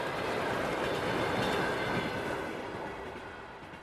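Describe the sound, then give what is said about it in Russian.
A moving train's dining car rumbles steadily, its wheels clattering over the rails in a dense, continuous roar that eases off slightly toward the end. No one speaks. “Женщина чуть за 40 входит в вагон-ресторан.”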